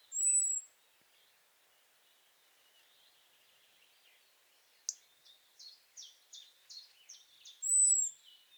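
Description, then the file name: European robin calls: a thin high 'tseee' whistle, a pause, then a rapid run of short ticking notes and a second high drawn-out whistle. "Erithacus rubecula"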